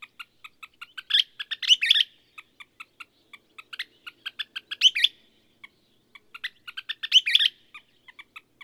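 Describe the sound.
Bird singing evenly spaced staccato notes, swelling into three loud, rapid chattering flourishes about every three seconds, with short pauses between phrases.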